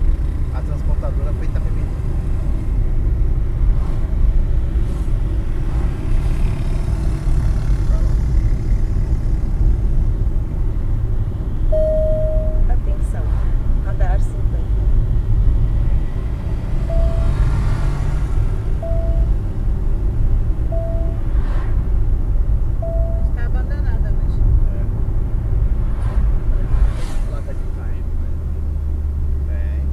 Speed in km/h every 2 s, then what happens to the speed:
46, 48, 49, 50, 50, 51, 52, 53, 53, 53, 53, 52, 53, 48, 42.
0-24 steady at about 52. 24-30 slows to 42.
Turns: none.